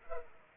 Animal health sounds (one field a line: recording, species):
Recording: mosquito wingbeat signal from an infrared sensor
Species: Culex pipiens